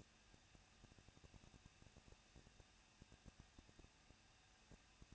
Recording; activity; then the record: daily activity, microphone in the room; no activity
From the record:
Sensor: 2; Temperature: 21.0 degrees Celsius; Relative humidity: 37.3%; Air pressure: 1006.4 hPa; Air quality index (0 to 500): 220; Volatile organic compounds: 23 ppm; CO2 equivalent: 2778 ppm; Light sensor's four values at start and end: 2/3/2/2 and 2/3/2/2